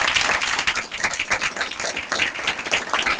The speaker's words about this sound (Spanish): Un aplauso, un agradecimiento a esta vez.